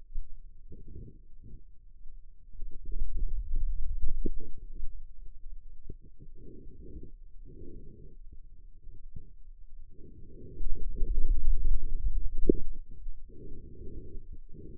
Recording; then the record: forearm muscle sounds (acoustic myography)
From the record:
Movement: hand opening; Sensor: system 2, bracelet of six BSWA MPA416 microphones around the upper forearm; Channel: 5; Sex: male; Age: 22 years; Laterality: right